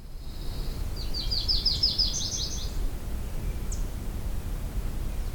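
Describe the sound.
Common Yellowthroat song: a quick run of repeated high, slurred notes, over steady low background noise.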